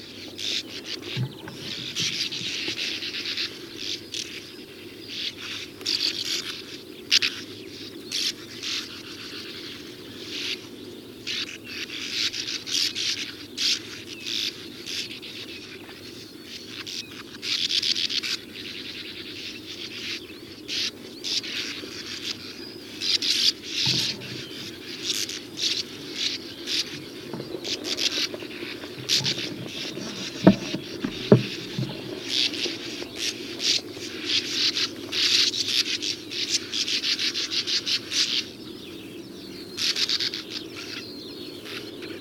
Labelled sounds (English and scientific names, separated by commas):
Sand Martin (Riparia riparia) call